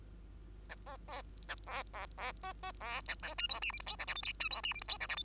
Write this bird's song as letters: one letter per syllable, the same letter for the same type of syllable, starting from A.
A B C A C C C B B C A D E F G H I J K L M N E F G H I J K L M